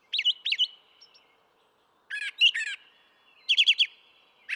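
Brown thrasher song in distinct paired phrases: two sharp slurred notes, then a buzzy double, then a quick rattled series, separated by brief silences.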